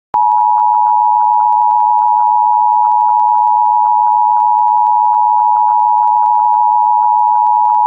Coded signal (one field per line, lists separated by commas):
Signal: Emergency Alert System (SAME) tones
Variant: 853 and 960 Hz attention tone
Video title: EAS #46-52: Seven WX Alerts (WJON/IP Relays)